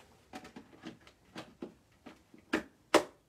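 Left and right mud guards, marked R and L, are slid down onto the rear frame of a Steelcraft Replay stroller. Faint sliding and handling sounds come first, then two sharp clicks at 2.5 s and 2.9 s, one for each side. Both mud guards click on and are seated.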